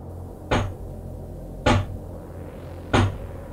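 Three slow, evenly spaced knocks on the wooden door of a cabin, each a solid, hollow thud about a second apart, over a low steady background hum.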